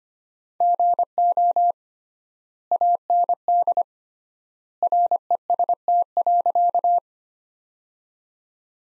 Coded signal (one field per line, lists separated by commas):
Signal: Morse code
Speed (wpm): 25 wpm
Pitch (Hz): 700 Hz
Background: none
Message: GO AND REST.